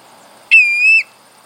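Black-bellied plover giving a single clear whistled note, steady in pitch, about half a second long against quiet background.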